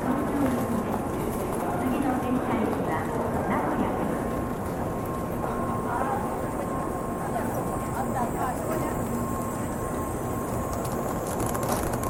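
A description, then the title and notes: A Japanese train station hums with overlapping chatter from many people, a steady dense murmur that never lets up. A thin constant tone runs underneath throughout, with a low rumble of machinery. Occasional footsteps and small knocks surface through the crowd noise. TRAIN STATION IN JAPAN AMBIENCE.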